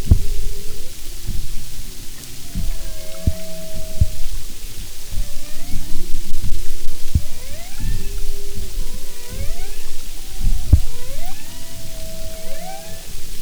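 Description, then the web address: Humpback whale calls: fainter swooping whistles and level moans scattered throughout over constant low underwater rumble and throbbing noise. "Marine Mammals humpback"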